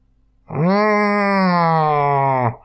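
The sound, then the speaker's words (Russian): A baby lets out one long, steady moan lasting about two seconds, loud and even in pitch with a rich, buzzy tone, then stops abruptly. No talking accompanies it. “Пальцы с влажным хлюпаньем выскочили изо рта, последовала серия ворчаний и мычания.”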